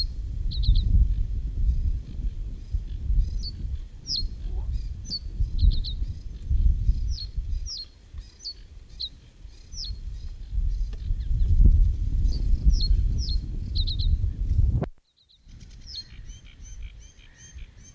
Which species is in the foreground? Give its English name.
Reed Bunting